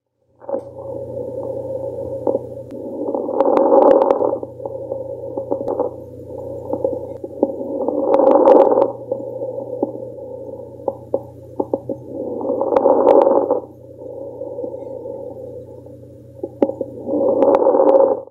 Respiratory crackles fine.